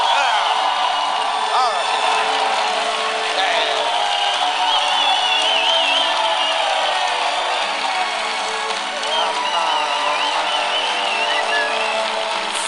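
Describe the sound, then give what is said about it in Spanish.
A cheering comedy audience gives a loud, sustained ovation after a joke about the first freshly made pizza vending machine arriving in Spain: a steady wash of many overlapping voices with occasional higher shouts or whistles, holding at full strength for about thirteen seconds. “¡Esa ovación!”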